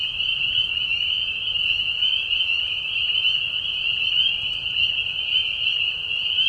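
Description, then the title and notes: Spring peeper: shrill whistled peeps of many spring peepers overlap into an unbroken high chorus, even and steady throughout. Peeper frogs giving a mating call in a marsh at night in spring, during a very short season; high, low-volume whistles; Tiny Marsh Conservation Area, Tiny, Ontario. "Peeper frogs in the spring. Peeper frogs in a marsh at night. This is a mating call that happens during a very short season in the Spring. The high whistles at a low volume. Recorded at the Tiny Marsh Conservation area in Tiny, Ontario. Recorded by Anton Pickard. Music for Sleep"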